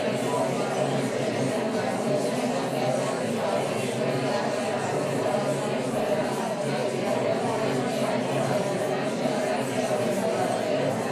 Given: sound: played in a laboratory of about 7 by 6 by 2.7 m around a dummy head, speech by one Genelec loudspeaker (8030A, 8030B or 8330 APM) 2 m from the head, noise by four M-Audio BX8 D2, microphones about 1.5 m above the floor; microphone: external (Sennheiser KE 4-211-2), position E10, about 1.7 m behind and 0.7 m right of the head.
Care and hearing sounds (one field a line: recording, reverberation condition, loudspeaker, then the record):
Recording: babble noise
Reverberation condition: medium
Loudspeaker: four, about 170 cm from the corners of the room and facing them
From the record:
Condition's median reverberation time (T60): about 510 ms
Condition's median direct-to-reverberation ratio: about -0.5 dB